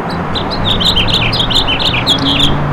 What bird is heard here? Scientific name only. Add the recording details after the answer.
Haemorhous mexicanus. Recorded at Merrick on Long Island, New York, on 17 May 2013. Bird C